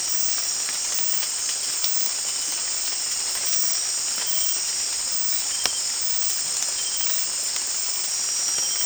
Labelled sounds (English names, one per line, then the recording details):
none
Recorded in dense forest near Puerto Asís, Putumayo, Colombia, on 24 March 2025 at 18:30
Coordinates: 0.503, -76.323
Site GP09